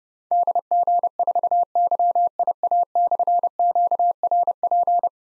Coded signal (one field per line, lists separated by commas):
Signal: Morse code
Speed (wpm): 30 wpm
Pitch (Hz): 700 Hz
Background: none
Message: DG4YIA/QRP